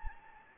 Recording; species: mosquito wingbeat signal from an infrared sensor; Anopheles gambiae